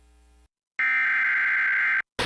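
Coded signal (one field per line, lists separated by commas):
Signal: Emergency Alert System (SAME) tones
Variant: header bursts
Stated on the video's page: Received EAS alerts covering a two-day period.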